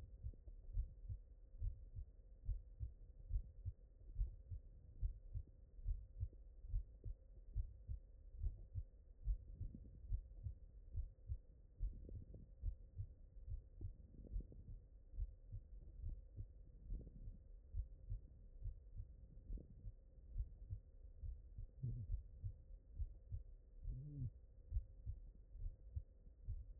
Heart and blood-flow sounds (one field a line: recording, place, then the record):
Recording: heart sounds by stethoscope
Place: mitral valve (MV)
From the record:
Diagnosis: HFrEF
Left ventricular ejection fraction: 37%